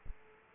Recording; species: mosquito wingbeat signal from an infrared sensor; Aedes aegypti